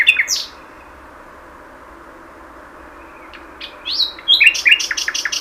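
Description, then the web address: Common nightingale song: a brief whistle, a pause, then a rising note and a fast run of repeated sharp chirps to the end. "SETE Luscinia megarhynchos"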